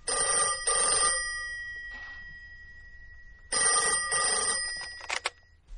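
An old-style telephone bell rings in two loud, shrill bursts, each about a second or more of rapid metallic trilling, separated by a pause, with no talking.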